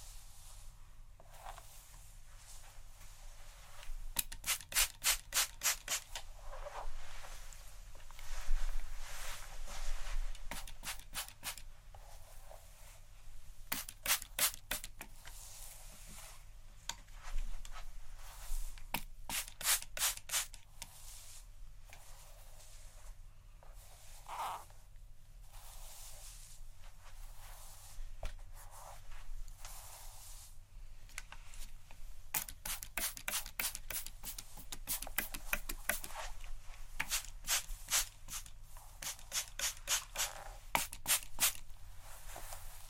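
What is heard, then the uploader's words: Crisp scratching and brushing on hair comes in dense bursts every few seconds, with bright rustles over a steady low hum. Scalp Massage (Head Scratching, Hair Brushing, Shampoo).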